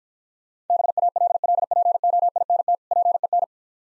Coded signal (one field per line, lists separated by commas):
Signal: Morse code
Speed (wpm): 49 wpm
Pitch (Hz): 700 Hz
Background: none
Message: BALLPOINT PEN